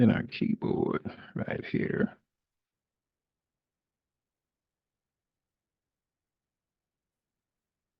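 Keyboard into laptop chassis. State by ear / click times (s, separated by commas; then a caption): not seated / none. A laptop keyboard for a Dell laptop is handled as it is brought toward the palm-rest bay of the laptop chassis, while someone talks for about the first two seconds. The rest of the clip, to about 8 seconds, is silent, and the keyboard has not yet snapped into place.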